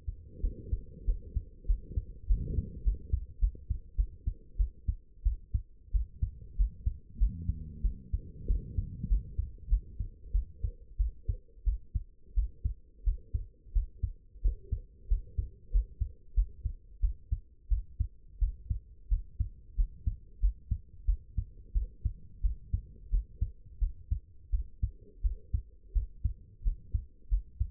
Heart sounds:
heart sounds by stethoscope; 92 bpm
0.41 s: heartbeat
1.06 s: heartbeat
1.67 s: heartbeat
2.28 s: heartbeat
2.84 s: heartbeat
3.40 s: heartbeat
3.96 s: heartbeat
4.58 s: heartbeat
5.24 s: heartbeat
5.92 s: heartbeat
6.57 s: heartbeat
7.18 s: heartbeat
7.82 s: heartbeat
8.47 s: heartbeat
9.08 s: heartbeat
9.69 s: heartbeat
10.32 s: heartbeat
10.98 s: heartbeat
11.65 s: heartbeat
12.35 s: heartbeat
13.04 s: heartbeat
13.73 s: heartbeat
14.42 s: heartbeat
15.09 s: heartbeat
15.71 s: heartbeat
16.35 s: heartbeat
17.01 s: heartbeat
17.69 s: heartbeat
18.39 s: heartbeat
19.09 s: heartbeat
19.76 s: heartbeat
20.40 s: heartbeat
21.06 s: heartbeat
21.73 s: heartbeat
22.42 s: heartbeat
23.10 s: heartbeat
23.80 s: heartbeat
24.51 s: heartbeat
25.22 s: heartbeat
25.93 s: heartbeat
26.63 s: heartbeat
27.29 s: heartbeat
From the record:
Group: healthy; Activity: rest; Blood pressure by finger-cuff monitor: 104/61 mmHg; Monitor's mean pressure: 77 mmHg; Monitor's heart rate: 91 bpm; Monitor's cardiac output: 8.6 L/min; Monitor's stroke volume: 93 mL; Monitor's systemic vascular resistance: 640 dyn s/cm5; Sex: female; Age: 22 years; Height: 161 cm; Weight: 65.5 kg

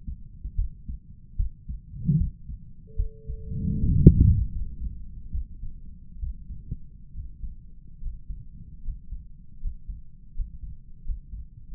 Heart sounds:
heart sounds by stethoscope; 75 bpm
0.55 s: heartbeat
1.36 s: heartbeat
2.17 s: heartbeat
2.95 s: heartbeat
3.79 s: heartbeat
4.51 s: heartbeat
5.31 s: heartbeat
6.19 s: heartbeat
7.13 s: heartbeat
8.00 s: heartbeat
8.82 s: heartbeat
9.59 s: heartbeat
10.33 s: heartbeat
11.03 s: heartbeat
11.69 s: heartbeat
From the record:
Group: healthy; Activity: rest 0-5 s, Valsalva maneuver 5-12 s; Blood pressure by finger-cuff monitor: 114/70 mmHg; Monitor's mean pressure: 86 mmHg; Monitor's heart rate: 74 bpm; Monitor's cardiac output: 5.7 L/min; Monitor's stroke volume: 79 mL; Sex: male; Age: 35 years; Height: 178 cm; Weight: 64 kg

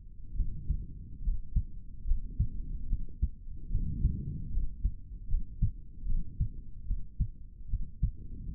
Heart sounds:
heart sounds by stethoscope; 73 bpm
0.35 s: heartbeat
1.22 s: heartbeat
2.05 s: heartbeat
2.87 s: heartbeat
3.70 s: heartbeat
4.50 s: heartbeat
5.27 s: heartbeat
6.05 s: heartbeat
6.85 s: heartbeat
7.68 s: heartbeat
8.55 s: heartbeat
From the record:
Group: healthy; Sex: male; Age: 55 years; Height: 167 cm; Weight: 57.2 kg

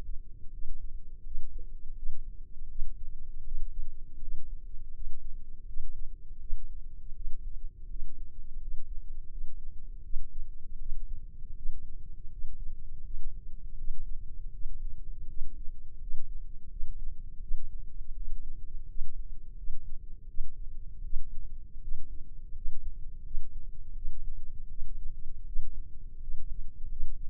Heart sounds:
heart sounds by microphone in the left ear; 82 bpm
0.50 s: heartbeat
1.22 s: heartbeat
1.94 s: heartbeat
2.67 s: heartbeat
3.43 s: heartbeat
4.19 s: heartbeat
4.91 s: heartbeat
5.65 s: heartbeat
6.38 s: heartbeat
7.13 s: heartbeat
7.87 s: heartbeat
8.58 s: heartbeat
9.28 s: heartbeat
10.01 s: heartbeat
10.77 s: heartbeat
11.54 s: heartbeat
12.28 s: heartbeat
13.01 s: heartbeat
13.75 s: heartbeat
14.51 s: heartbeat
15.26 s: heartbeat
15.98 s: heartbeat
16.68 s: heartbeat
17.39 s: heartbeat
18.13 s: heartbeat
18.86 s: heartbeat
19.54 s: heartbeat
20.26 s: heartbeat
21.01 s: heartbeat
21.79 s: heartbeat
22.53 s: heartbeat
23.22 s: heartbeat
23.93 s: heartbeat
24.67 s: heartbeat
25.44 s: heartbeat
26.18 s: heartbeat
26.87 s: heartbeat
From the record:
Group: healthy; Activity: rest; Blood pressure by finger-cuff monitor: 119/71 mmHg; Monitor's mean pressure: 89 mmHg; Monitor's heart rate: 82 bpm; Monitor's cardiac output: 7 L/min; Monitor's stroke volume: 86 mL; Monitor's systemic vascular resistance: 940 dyn s/cm5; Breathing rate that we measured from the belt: 16 breaths a minute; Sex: female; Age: 24 years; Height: 163 cm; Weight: 55.7 kg

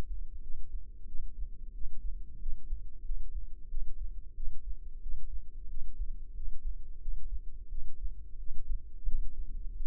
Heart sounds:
heart sounds by microphone in the left ear; 90 bpm
0.41 s: heartbeat
1.06 s: heartbeat
1.73 s: heartbeat
2.39 s: heartbeat
3.03 s: heartbeat
3.69 s: heartbeat
4.34 s: heartbeat
5.01 s: heartbeat
5.68 s: heartbeat
6.34 s: heartbeat
7.00 s: heartbeat
7.69 s: heartbeat
8.38 s: heartbeat
9.06 s: heartbeat
9.74 s: heartbeat
From the record:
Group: healthy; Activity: cold pressor test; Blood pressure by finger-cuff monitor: 88/64 mmHg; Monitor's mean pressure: 73 mmHg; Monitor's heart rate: 91 bpm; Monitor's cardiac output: 7.1 L/min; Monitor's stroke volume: 76 mL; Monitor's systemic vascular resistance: 750 dyn s/cm5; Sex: female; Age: 19 years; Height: 163 cm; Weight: 48.9 kg

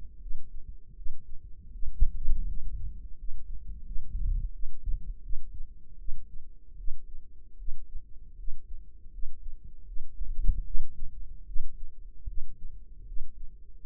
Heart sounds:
heart sounds by microphone in the right ear; 79 bpm
0.18 s: heartbeat
0.94 s: heartbeat
1.70 s: heartbeat
2.45 s: heartbeat
3.16 s: heartbeat
3.83 s: heartbeat
4.51 s: heartbeat
5.21 s: heartbeat
5.97 s: heartbeat
6.76 s: heartbeat
7.56 s: heartbeat
8.35 s: heartbeat
9.10 s: heartbeat
9.84 s: heartbeat
10.63 s: heartbeat
11.44 s: heartbeat
12.25 s: heartbeat
13.04 s: heartbeat
13.78 s: heartbeat
From the record:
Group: healthy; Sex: female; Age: 19 years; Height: 163 cm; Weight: 51 kg

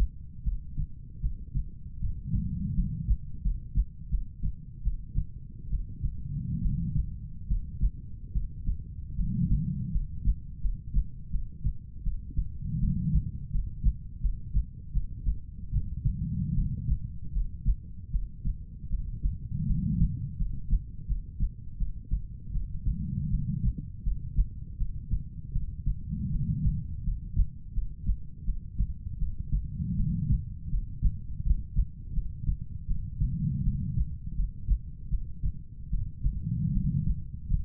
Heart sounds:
heart sounds by stethoscope; 79 bpm
0.43 s: heartbeat
1.20 s: heartbeat
1.99 s: heartbeat
2.73 s: heartbeat
3.41 s: heartbeat
4.09 s: heartbeat
4.82 s: heartbeat
5.69 s: heartbeat
6.60 s: heartbeat
7.46 s: heartbeat
8.31 s: heartbeat
9.15 s: heartbeat
9.91 s: heartbeat
10.60 s: heartbeat
11.30 s: heartbeat
12.02 s: heartbeat
12.79 s: heartbeat
13.50 s: heartbeat
14.20 s: heartbeat
14.92 s: heartbeat
15.70 s: heartbeat
16.53 s: heartbeat
17.32 s: heartbeat
18.10 s: heartbeat
18.88 s: heartbeat
19.65 s: heartbeat
20.37 s: heartbeat
21.06 s: heartbeat
21.77 s: heartbeat
22.51 s: heartbeat
23.29 s: heartbeat
24.02 s: heartbeat
24.76 s: heartbeat
25.51 s: heartbeat
26.30 s: heartbeat
27.03 s: heartbeat
27.72 s: heartbeat
28.44 s: heartbeat
29.18 s: heartbeat
29.95 s: heartbeat
30.69 s: heartbeat
31.42 s: heartbeat
32.12 s: heartbeat
32.86 s: heartbeat
33.62 s: heartbeat
34.34 s: heartbeat
35.09 s: heartbeat
35.89 s: heartbeat
36.71 s: heartbeat
37.46 s: heartbeat
From the record:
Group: healthy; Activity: cold pressor test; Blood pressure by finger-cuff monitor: 122/67 mmHg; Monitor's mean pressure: 86 mmHg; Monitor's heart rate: 79 bpm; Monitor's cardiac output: 7.6 L/min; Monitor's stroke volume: 95 mL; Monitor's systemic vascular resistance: 830 dyn s/cm5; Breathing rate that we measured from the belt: 18 breaths a minute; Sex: female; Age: 23 years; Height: 160 cm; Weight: 50.4 kg

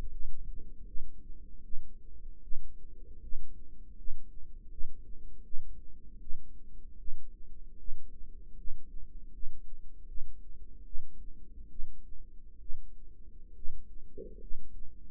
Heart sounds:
heart sounds by microphone in the right ear; 76 bpm
0.10 s: heartbeat
0.85 s: heartbeat
1.62 s: heartbeat
2.41 s: heartbeat
3.20 s: heartbeat
3.95 s: heartbeat
4.69 s: heartbeat
5.42 s: heartbeat
6.19 s: heartbeat
6.96 s: heartbeat
7.76 s: heartbeat
8.55 s: heartbeat
9.31 s: heartbeat
10.06 s: heartbeat
10.83 s: heartbeat
11.68 s: heartbeat
12.58 s: heartbeat
13.53 s: heartbeat
14.38 s: heartbeat
From the record:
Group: healthy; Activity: light exercise 0-11 s, rest 11-15 s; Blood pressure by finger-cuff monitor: 140/55 mmHg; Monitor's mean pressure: 78 mmHg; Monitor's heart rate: 77 bpm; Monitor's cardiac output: 8.5 L/min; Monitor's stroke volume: 112 mL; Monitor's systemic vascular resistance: 660 dyn s/cm5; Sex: male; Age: 25 years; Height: 170 cm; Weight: 70.4 kg

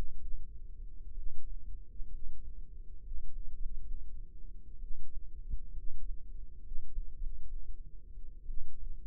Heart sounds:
heart sounds by microphone in the left ear; 66 bpm
1.14 s: heartbeat
2.09 s: heartbeat
2.99 s: heartbeat
3.54 s: heartbeat
4.79 s: heartbeat
5.72 s: heartbeat
6.60 s: heartbeat
7.16 s: heartbeat
8.45 s: heartbeat
From the record:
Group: healthy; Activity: rest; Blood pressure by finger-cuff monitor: 114/73 mmHg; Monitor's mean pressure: 87 mmHg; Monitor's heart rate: 64 bpm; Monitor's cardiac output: 5.7 L/min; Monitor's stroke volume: 80 mL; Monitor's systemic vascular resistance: 1110 dyn s/cm5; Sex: female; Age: 22 years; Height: 171 cm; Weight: 65.6 kg

